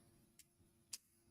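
A white plastic building-brick piece is pressed along the base side of a brick model's base plate, and a sharp snap onto the studs is heard at 0.9 s, after a fainter tick at 0.4 s over a low background hum. The piece has seated, but it is offset by one stud, so it sits in the wrong position.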